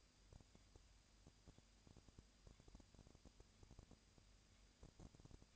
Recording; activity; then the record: daily activity, microphone in the room; no activity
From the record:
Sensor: 2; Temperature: 20.3 degrees Celsius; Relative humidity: 37.0%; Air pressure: 998.6 hPa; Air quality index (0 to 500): 236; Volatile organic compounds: 38 ppm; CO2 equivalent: 3120 ppm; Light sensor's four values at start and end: 2/3/2/2 and 2/3/2/2